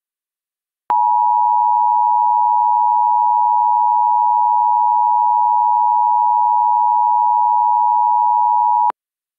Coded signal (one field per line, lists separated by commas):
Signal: Emergency Alert System (SAME) tones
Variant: 853 and 960 Hz attention tone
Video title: EAS Reenactment Mock: Tornado producing storm over Oak Brook, IL - 04/30/2022